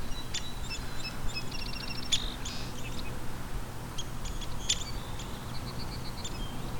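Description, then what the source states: Downy Woodpecker giving short, high squeaky calls in brief bursts and quick rattling series, with a constant low rumble of background noise. Short little squeaks, descending call; two birds, one behind and one in front, seemingly keeping in contact; live on a warm, sunny spring morning meadow walk.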